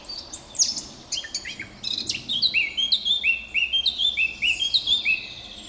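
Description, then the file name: Eurasian blackcap singing a fast warble of varied notes that settles into a string of clear, repeated whistled phrases. "Sylvia atricapilla"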